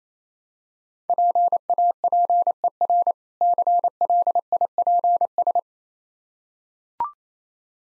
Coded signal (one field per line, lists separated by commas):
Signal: Morse code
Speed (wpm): 27 wpm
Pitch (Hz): 700 Hz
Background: none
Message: PAPER CLIPS